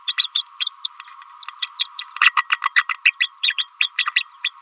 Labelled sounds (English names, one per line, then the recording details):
Green-rumped Parrotlet babbling
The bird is a female
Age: 29 days
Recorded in a nest box in Venezuela
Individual 17B31A3